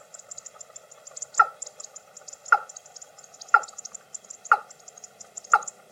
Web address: watercock sound